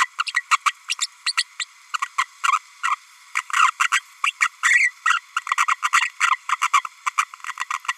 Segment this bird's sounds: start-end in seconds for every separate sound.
0.18-0.23, 0.26-0.33, 0.51-0.58, 0.65-0.72, 0.89-0.95, 1.00-1.07, 1.26-1.34, 1.37-1.44, 1.59-1.65, 2.18-2.24, 2.52-2.58, 2.83-2.96, 3.53-3.71, 3.79-3.88, 3.92-4.00, 4.23-4.32, 4.40-4.49, 4.63-4.91, 5.05-5.20, 5.36-5.41, 5.57-5.66, 5.68-5.76, 5.82-5.90, 6.01-6.09, 6.30-6.36, 6.49-6.56, 6.61-6.69, 6.73-6.82, 7.06-7.11, 7.17-7.24, 7.70-7.74